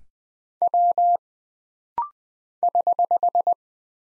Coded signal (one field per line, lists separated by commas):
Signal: Morse code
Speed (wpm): 20 wpm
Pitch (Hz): 700 Hz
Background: none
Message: W <HH>